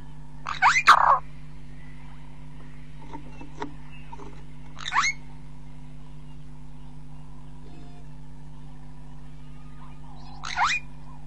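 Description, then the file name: Burchell's starling song: three short, harsh, rasping phrases spread throughout over a steady low hum. "canto do estorninho de burchell"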